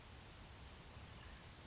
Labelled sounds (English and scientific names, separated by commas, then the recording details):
California Towhee (Melozone crissalis)
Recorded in Sonoma County, California